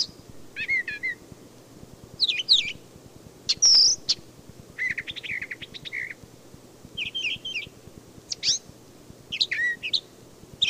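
Brown thrasher giving a long series of varied phrases: rapid chips, a bright high whistle and buzzy notes, spaced by brief silences.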